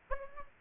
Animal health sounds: mosquito wingbeat signal from an infrared sensor; Aedes aegypti

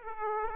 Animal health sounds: mosquito wingbeat signal from an infrared sensor; Aedes aegypti

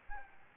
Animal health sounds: mosquito wingbeat signal from an infrared sensor; Aedes albopictus

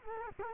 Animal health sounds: mosquito wingbeat signal from an infrared sensor; Culex quinquefasciatus

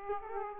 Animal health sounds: mosquito wingbeat signal from an infrared sensor; Aedes aegypti

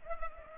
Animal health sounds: mosquito wingbeat signal from an infrared sensor; Culex pipiens

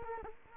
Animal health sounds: mosquito wingbeat signal from an infrared sensor; Culex quinquefasciatus

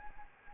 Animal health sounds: mosquito wingbeat signal from an infrared sensor; Anopheles gambiae

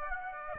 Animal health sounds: mosquito wingbeat signal from an infrared sensor; Aedes aegypti

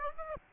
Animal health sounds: mosquito wingbeat signal from an infrared sensor; Aedes aegypti

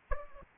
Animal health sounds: mosquito wingbeat signal from an infrared sensor; Aedes aegypti

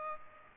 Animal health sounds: mosquito wingbeat signal from an infrared sensor; Aedes aegypti

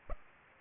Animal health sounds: mosquito wingbeat signal from an infrared sensor; Aedes aegypti

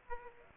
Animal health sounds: mosquito wingbeat signal from an infrared sensor; Aedes aegypti

